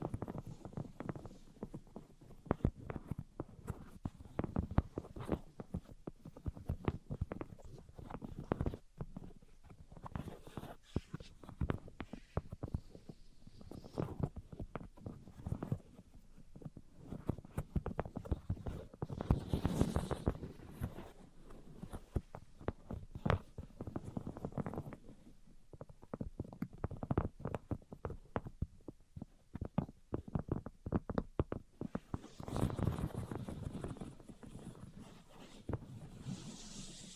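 Dense, irregular tapping and scratching runs throughout, with short sharp clicks over low rubbing, and brighter scraping bursts near 20 and 33 seconds.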